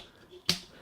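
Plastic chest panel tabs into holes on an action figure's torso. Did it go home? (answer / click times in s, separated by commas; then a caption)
yes / 0.5 s. The chest panels of a plastic Transformers Dark of the Moon Shockwave action figure are rolled inward so two inner tabs enter their holes in the torso. A sharp snap at 0.5 s marks the tabs seating in place, followed by a faint tick at 0.8 s.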